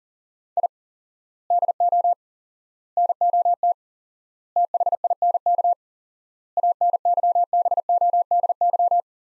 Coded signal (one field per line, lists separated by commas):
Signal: Morse code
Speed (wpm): 40 wpm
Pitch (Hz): 700 Hz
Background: none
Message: I DO NOT THINK ANYBODY